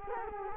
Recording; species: mosquito wingbeat signal from an infrared sensor; Culex quinquefasciatus